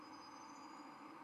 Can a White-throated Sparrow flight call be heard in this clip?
no